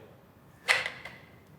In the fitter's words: you're going to give it a good solid push you're going to hear it click